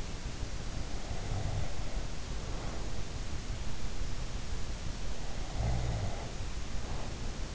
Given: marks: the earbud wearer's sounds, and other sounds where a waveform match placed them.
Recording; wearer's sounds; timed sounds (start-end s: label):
sounds in sleep by an in-ear microphone; snoring breath
1.00-2.93 s: snoring breath
5.59-7.34 s: snoring breath